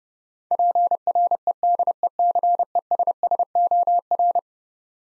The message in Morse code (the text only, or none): PREDECESSOR